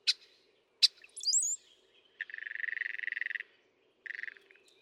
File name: Northern Mockingbird